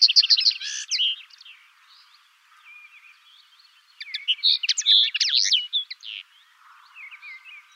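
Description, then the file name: Common linnet song, rapid twittering and chirping phrases rich in varied notes, a quiet gap, then another jumble of quick chirps and trills. "Linotte melodieuse"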